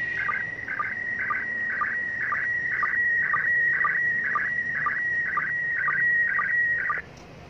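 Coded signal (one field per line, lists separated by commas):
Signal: SSTV (slow-scan television)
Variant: PD 120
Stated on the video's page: SSTV images in PD-120 mode sent from the International Space Station on 145.800 MHz FM during an ARISS event.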